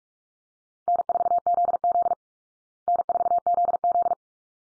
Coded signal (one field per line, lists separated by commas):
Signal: Morse code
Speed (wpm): 44 wpm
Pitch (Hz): 700 Hz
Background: none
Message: N4ZZ N4ZZ